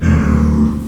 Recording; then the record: squeal of a Yucatan mini pig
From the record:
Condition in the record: after surgery on the right vocal fold (resection and tissue-engineered implant); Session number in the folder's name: 17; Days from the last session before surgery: 195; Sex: female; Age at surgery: 19 weeks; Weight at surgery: 25 kg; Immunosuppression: prednisolone